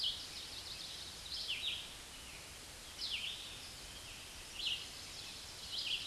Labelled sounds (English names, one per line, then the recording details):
Red-eyed Vireo song
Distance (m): 30 m
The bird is about 25 m above the microphone
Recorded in a Pennsylvania forest on 16 May 2024 at 06:34
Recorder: AudioMoth, point MSD-2201
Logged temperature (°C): 15.5 °C
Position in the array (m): 164 m, 71 m